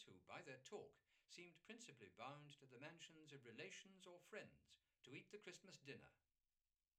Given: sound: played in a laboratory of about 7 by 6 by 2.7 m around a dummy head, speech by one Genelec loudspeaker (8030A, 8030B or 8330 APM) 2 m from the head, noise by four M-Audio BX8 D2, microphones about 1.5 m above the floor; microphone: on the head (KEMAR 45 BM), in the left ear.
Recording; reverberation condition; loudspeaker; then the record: male speech in English; low; 60 degrees to the left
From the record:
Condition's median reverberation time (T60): about 310 ms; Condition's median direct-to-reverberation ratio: about 3.5 dB